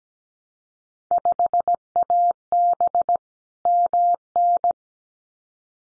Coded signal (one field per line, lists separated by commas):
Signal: Morse code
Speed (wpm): 17 wpm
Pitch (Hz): 700 Hz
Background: none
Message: 5AB MN